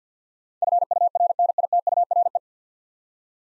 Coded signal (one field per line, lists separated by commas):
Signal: Morse code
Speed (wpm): 53 wpm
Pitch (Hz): 700 Hz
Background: none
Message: FURNITURE